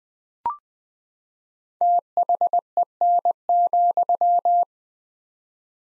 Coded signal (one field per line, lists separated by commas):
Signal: Morse code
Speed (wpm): 20 wpm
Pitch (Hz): 700 Hz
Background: none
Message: THEN,